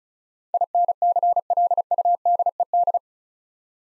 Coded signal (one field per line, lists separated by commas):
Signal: Morse code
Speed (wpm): 36 wpm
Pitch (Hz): 700 Hz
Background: none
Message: INCLUDED